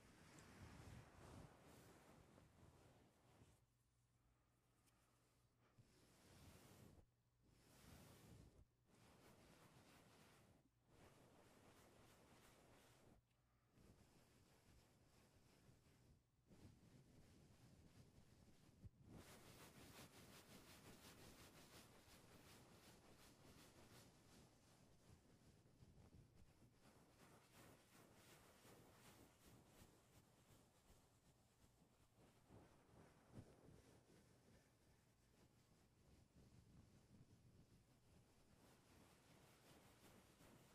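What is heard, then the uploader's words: Mic touching: fingers rub and brush right against the microphone, making a dense, rushing scratch that sounds like wind or surf. For the first twenty seconds the rubbing comes in bursts with brief pauses; after that it runs continuously, with quick taps and flicks throughout. Mic touching.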